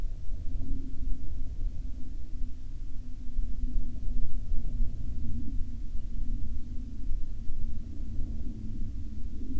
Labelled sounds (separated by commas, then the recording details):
bird, aircraft
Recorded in the Arctic National Wildlife Refuge, Alaska, on 23 June 2019 at 00:07
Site 33